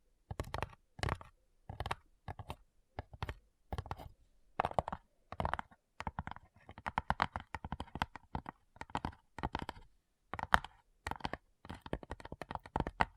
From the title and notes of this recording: ASMR Addictive Tapping. (No Talking).